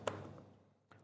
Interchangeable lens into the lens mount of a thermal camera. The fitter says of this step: Then we're going to press and rotate clockwise until we hear that click.